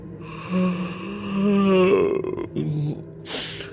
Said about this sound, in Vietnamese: Anh ngáp một cái dài.